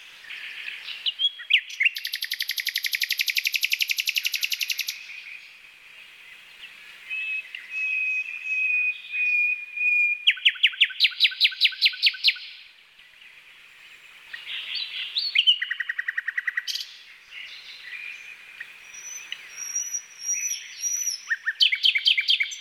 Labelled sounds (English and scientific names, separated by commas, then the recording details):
Common Nightingale (Luscinia megarhynchos) song
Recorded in the wild
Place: NSG Taubergießen / Reg.-Präs. Freiburg im Breisgau, Baden-Württemberg, DE
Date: 1982-05-26
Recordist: Schwarz, Dieter